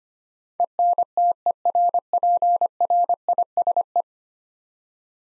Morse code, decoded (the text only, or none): ENTERPRISE